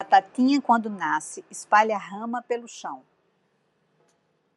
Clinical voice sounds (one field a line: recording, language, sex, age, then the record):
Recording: short text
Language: Brazilian Portuguese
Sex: female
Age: 40 to 49 years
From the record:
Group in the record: control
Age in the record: 46 years